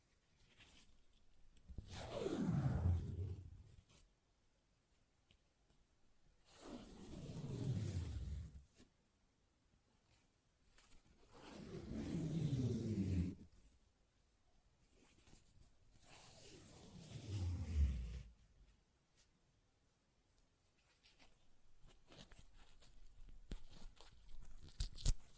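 Paper is ripped in four separate long tears, each lasting about two seconds and starting at roughly 2, 7, 12 and 17 seconds. Every rip begins crisp and bright and then slides down into a deeper, rougher rasp, with near silence between tears and a faint rustle toward the end.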